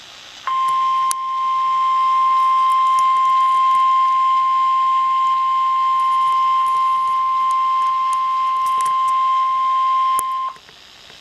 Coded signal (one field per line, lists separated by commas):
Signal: Emergency Alert System (SAME) tones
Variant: 1050 Hz attention tone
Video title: EAS #6 Severe Thunderstorm Warning (NWS - Huntsville, AL)